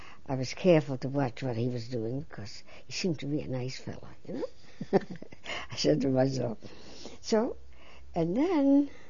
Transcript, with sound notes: I was careful to watch what he was doing because he seemed to be a nice fellow, you know. ( she laughs ) I said to myself. So, and then,